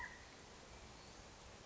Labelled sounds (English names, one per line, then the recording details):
California Quail
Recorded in Sonoma County, California